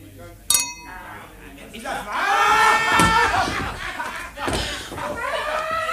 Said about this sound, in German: Und darauf stoßen wir jetzt mal an.